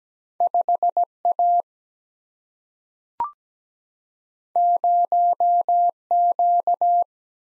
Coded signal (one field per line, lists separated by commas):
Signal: Morse code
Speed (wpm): 17 wpm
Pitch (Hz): 700 Hz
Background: none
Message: 5 A 0 Q